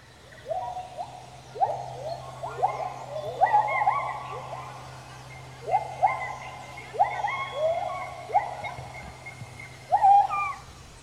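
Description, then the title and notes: Gibbon calls: a series of rising, whooping notes sliding upward, each with a higher overtone, given in bursts every second or two over a steady low hum. "Gibbon: cris. Cris du gibbon"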